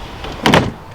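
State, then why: Seated. The manual soft top of a Dodge Viper convertible is folded backwards by hand and drops into its stowed position, making sharp knocks. Two loud knocks land at about 0.5 s, after a softer rustle near 0.2 s, and the folded roof locks into its stowed latch.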